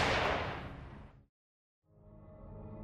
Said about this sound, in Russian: У самого уха просвистела пуля, и тут же донесся гром выстрела.